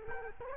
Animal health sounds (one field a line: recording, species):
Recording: mosquito wingbeat signal from an infrared sensor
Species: Culex quinquefasciatus